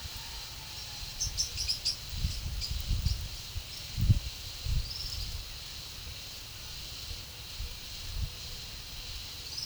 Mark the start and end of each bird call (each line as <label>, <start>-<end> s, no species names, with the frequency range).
bird call (4.0-7.5 kHz), 1.22-2.09 s
bird call (3.9-6.1 kHz), 4.87-5.43 s